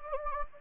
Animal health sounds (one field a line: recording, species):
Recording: mosquito wingbeat signal from an infrared sensor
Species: Anopheles gambiae